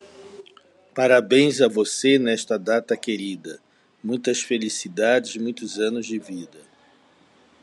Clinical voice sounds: short text; Brazilian Portuguese; male; 60 to 69 years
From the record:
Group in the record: control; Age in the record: 60 years

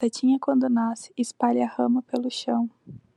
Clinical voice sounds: short text; Brazilian Portuguese; female; 18 to 19 years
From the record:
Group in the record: control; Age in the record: 19 years

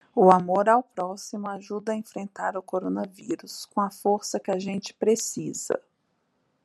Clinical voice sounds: spoken sentence; Brazilian Portuguese; female; 30 to 39 years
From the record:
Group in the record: control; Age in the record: 36 years

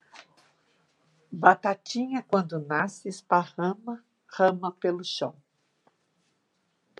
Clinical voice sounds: short text; Brazilian Portuguese; female; 60 to 69 years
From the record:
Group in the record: control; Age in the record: 60 years

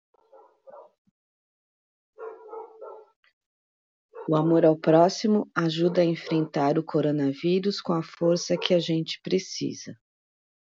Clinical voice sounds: spoken sentence; Brazilian Portuguese; female; 50 to 59 years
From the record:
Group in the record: control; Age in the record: 58 years

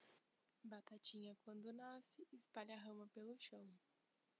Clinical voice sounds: short text; Brazilian Portuguese; female; 20 to 29 years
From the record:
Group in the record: control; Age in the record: 27 years

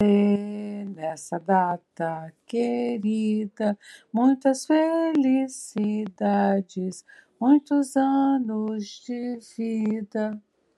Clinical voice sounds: short text; Brazilian Portuguese; female; 60 to 69 years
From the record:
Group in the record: control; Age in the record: 66 years

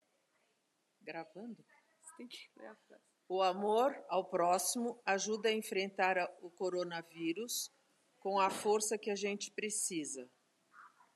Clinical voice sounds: spoken sentence; Brazilian Portuguese; female; 60 to 69 years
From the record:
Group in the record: control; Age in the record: 68 years

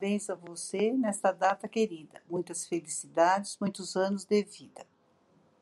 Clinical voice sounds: short text; Brazilian Portuguese; female; 60 to 69 years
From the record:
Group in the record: control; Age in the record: 65 years

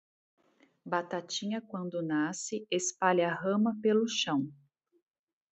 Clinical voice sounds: short text; Brazilian Portuguese; female; 40 to 49 years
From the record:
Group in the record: control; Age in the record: 40 years

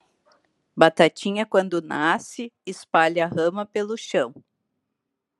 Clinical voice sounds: short text; Brazilian Portuguese; female; 40 to 49 years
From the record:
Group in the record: control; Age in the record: 43 years

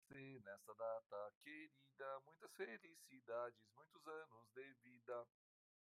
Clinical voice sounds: short text; Brazilian Portuguese; male; 50 to 59 years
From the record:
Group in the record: control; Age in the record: 57 years

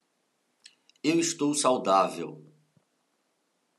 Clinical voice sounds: short text; Brazilian Portuguese; male; 40 to 49 years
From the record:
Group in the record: control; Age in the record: 44 years

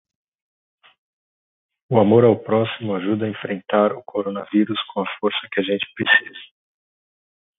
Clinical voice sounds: spoken sentence; Brazilian Portuguese; male; 40 to 49 years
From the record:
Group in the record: control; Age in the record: 41 years

